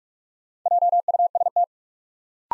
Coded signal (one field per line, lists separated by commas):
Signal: Morse code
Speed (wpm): 44 wpm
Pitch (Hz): 700 Hz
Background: none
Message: JUST